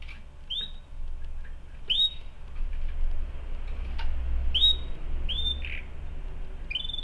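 Canary giving short chirps, about five spaced over several seconds, over a steady low hum.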